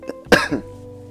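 An adult's cough that keeps recurring and won't stop.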